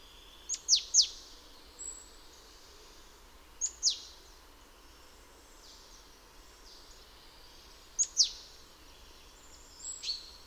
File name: Parus major